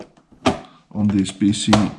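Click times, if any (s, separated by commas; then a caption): 0.5 s. A Texas Instruments TI-58/59 programmable calculator is pressed down onto its PC-100C printer cradle from 1977 and clicks into place with a sharp snap at 0.5 s. Someone talks afterward. The calculator is seated on the cradle.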